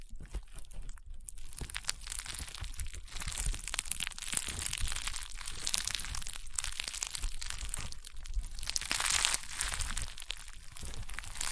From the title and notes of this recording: ASMR EXTREME CRUNCHY AND POPPING SOUNDS Rainbow Honeycomb Slime (No Talking).